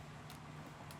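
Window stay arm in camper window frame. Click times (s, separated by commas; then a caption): 0.3 s, 0.9 s. A window stay arm in the frame of an MDC XT17HRT camper window is pushed as the window opens, over a steady low background hum. Two short, bright clicks sound at 0.3 s and 0.9 s as the arm snaps into one of its three set positions. The window stops and holds there.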